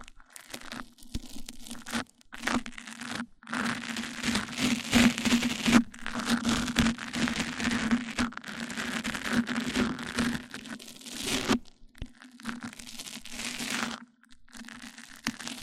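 Mic-on-mic triggers: dense, scratchy rubbing and crackling in long bursts, broken by brief silent gaps near the start and around twelve and fourteen seconds. A steady low hum runs beneath the rustling throughout.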